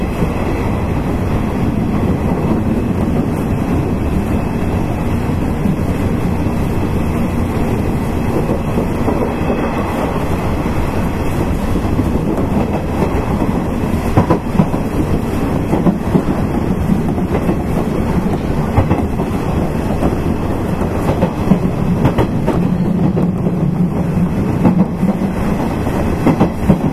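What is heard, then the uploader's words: Running noise recorded aboard an express electric train: a loud, steady, dense rumble fills the whole clip, heaviest in the low range. Faint rail clicks pass now and then, and a soft rising motor whine creeps in during the last few seconds. 西日本鉄道 8000系電車の走行音です。 大牟田線の特急列車で録音しました。 区間は、福岡から久留米までです。 この列車は、観光列車『水都』でした。 観光用仕立てに改装された車両です。 It is running noise of Nishitetsu 8000 series train. I recorded on the express train of the Omuta Line.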